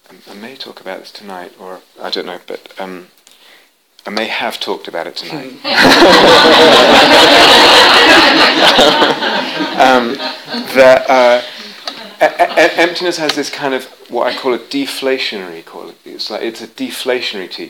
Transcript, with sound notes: I may talk about this tonight, I don't know; I may have talked about it tonight -- [laughter] is emptiness has this kind of what I call a 'deflationary' quality, like it's a deflationary teaching: